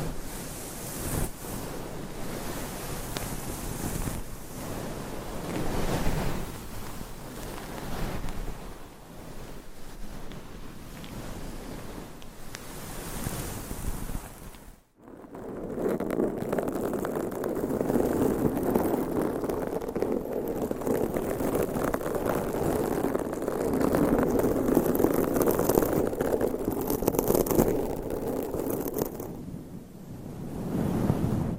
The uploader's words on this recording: ASMR with 400 MICS!Different Mic Covers & Nails Mic Scratching , Massage & More No Talking.